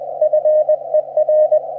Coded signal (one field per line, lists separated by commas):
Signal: Morse code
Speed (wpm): 22 wpm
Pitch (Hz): 610 Hz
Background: none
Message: FER